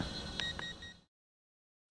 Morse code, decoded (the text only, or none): none